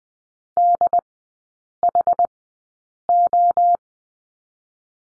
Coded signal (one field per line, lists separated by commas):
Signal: Morse code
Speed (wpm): 20 wpm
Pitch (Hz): 700 Hz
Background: none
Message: DHO